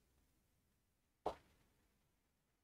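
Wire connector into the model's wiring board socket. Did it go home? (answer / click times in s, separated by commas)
yes / 1.3 s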